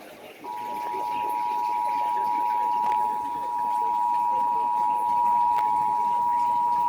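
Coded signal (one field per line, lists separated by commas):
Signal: Emergency Alert System (SAME) tones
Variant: 853 and 960 Hz attention tone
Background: speech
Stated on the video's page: Ohio required monthly test, received from fewer stations than usual, possibly due to delayed activation.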